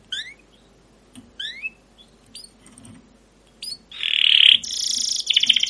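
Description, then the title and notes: Canary song: scattered high chirps with pauses, then loud buzzy notes and a fast rattling trill at the end. Caged canary singing continuously in the chirping and rolling style called cuit cuit ngerol, used as a lure and master song for young canaries learning sounds. "CUIT CUIT NGEROL LANGSUNG GACOR PANJANG Kenari Pancingan KENAR. PANCINGAN Kenari GACOR PANJANG Cuit CUIT EMOSI MASTERAN Kenari PAUD belajar BUNYI. burung kenari"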